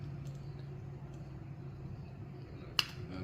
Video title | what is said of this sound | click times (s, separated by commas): How to replace andis brushes!!! Repair!#howto #DIY #repair #barbershop #hack #clippers | unclick this one | 2.8 s